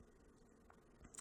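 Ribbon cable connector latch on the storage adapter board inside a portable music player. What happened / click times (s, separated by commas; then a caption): The small connector latch clicked shut over the cable / 0.7 s, 1.1 s. The latch on the ribbon cable connector of the storage adapter board inside an iPod is closed over the cable, giving small clicks at 0.7 s and 1.1 s against a low, steady background hum. The latch is seated and the cable is held in place.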